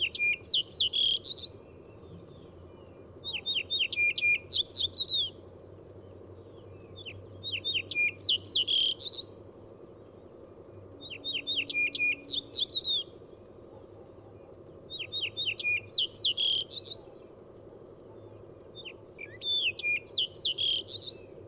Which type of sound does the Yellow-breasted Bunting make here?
song